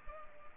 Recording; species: mosquito wingbeat signal from an infrared sensor; Culex pipiens